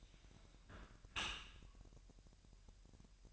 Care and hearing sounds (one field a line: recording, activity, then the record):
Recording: daily activity, microphone in the room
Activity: close dishwasher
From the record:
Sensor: 2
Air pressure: 1000.4 hPa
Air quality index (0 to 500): 246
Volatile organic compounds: 92 ppm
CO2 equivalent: 3696 ppm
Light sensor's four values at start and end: 9/21/9/9 and 9/21/9/9